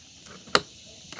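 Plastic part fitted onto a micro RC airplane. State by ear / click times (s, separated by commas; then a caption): seated / 0.6 s. A plastic part is snapped into place on a Micro B-2 Spirit of America twin 30mm RC airplane, giving a sharp, bright click at 0.6 s over a quiet background. A much fainter tap follows at 1.1 s, and the part is seated.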